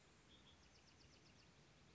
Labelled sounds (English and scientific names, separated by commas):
Bewick's Wren (Thryomanes bewickii)